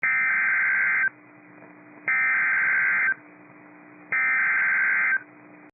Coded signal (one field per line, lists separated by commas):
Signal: Emergency Alert System (SAME) tones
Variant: header bursts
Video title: Severe Thunderstorm Warning (Dane and Iowa Counties, WI) (8/16/25) [EAS #282]